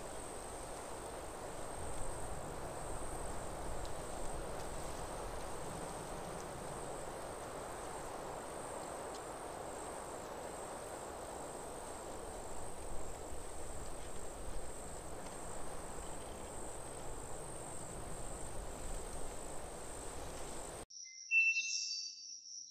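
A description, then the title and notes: Outdoor nature ambience with a steady, high insect trill running continuously over a soft, dense wash of background hiss and low rumble. Near 21 seconds the sound cuts out abruptly, followed by a brief, sharp bright chirp at the very end. Nature Ambience. The sounds of nature.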